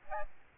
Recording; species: mosquito wingbeat signal from an infrared sensor; Aedes albopictus